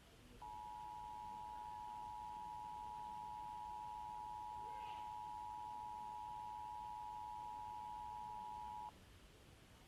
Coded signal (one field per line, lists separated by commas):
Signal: Emergency Alert System (SAME) tones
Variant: 853 and 960 Hz attention tone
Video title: EAS #300| Required Monthly Test| WSTH-FM